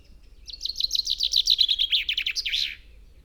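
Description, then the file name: Common chaffinch song: one quick cascading phrase of repeated notes, descending and ending in a brief flourish. "Fringilla coelebs"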